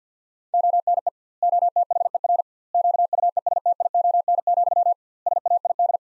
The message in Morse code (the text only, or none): ONE OTHER QUESTION, SAID